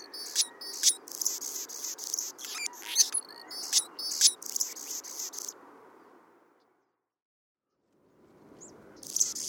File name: Anna's Hummingbird